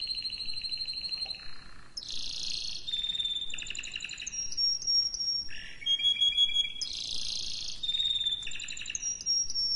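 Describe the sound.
Canary song with changing phrases: a steady trill, a low rattle, then bright whistled notes and rapid buzzy tours that return after a short gap.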